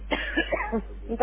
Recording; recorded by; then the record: voluntary cough; telephone call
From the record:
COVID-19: positive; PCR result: checked with the laboratory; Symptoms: yes